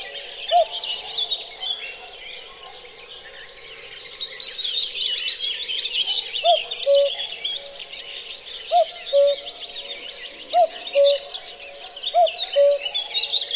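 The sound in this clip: Cuckoo uttering one cu-ckoo, a pause filled with songbird chorus, then four more two-note calls in a regular run.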